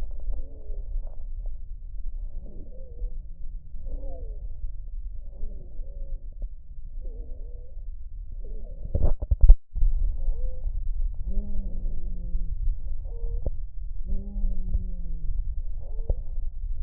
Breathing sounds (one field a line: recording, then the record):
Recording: lung sounds by stethoscope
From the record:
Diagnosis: emphysema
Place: left posterior upper chest